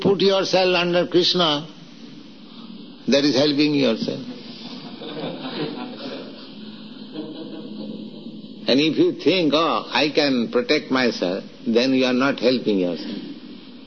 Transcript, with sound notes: you put yourself under Kṛṣṇa; that is helping yourself. [laughter] And if you think, "Oh I can protect myself," then you are not helping yourself.